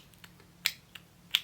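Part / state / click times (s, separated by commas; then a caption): brow gel wand cap onto its tube / seated / 0.7 s, 1.3 s. A brow gel wand cap is pushed back onto its plastic tube. Sharp clicks are heard at 0.7 s and 1.4 s, with a few fainter ticks around them, and the cap snaps shut and seats with a satisfying click.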